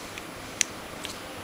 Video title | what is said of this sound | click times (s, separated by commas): ATR - Final Battle Jazz Review, Tips and Tricks | i don't know whether i heard that but it was a click a definitive click | 0.6 s